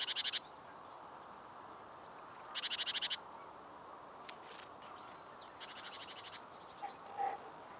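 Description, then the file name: Great tit buzzy rattling call, short pulsed bursts repeated every two to three seconds, the last one softer, with faint thin chirps in the background. "Parus major"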